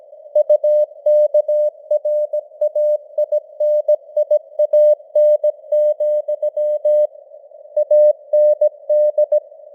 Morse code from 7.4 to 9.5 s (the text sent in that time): AND